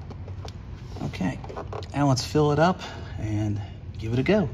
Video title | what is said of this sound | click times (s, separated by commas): How To Replace Windshield Washer Motor Pump On A 2010-2019 Ford Taurus | and it just snaps right in. | 0.5 s